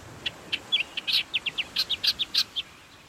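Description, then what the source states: Millerbird song, a quick series of short, high chips over faint background hiss. Native Hawaiian small gray songbird also called ululu; endangered; reintroduced from Nihoa to Laysan.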